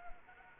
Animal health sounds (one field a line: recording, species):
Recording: mosquito wingbeat signal from an infrared sensor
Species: Anopheles arabiensis